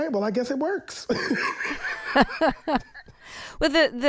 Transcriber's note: laughter